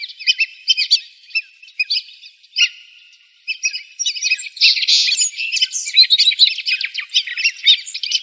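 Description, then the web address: Black-bellied whistling duck calls: scattered squeaky whistles at first, then a dense, noisy chorus of overlapping shrill notes from midway to the end. Arizona, 6 October 2002. "Ducks Geese Swans BBWD 100602"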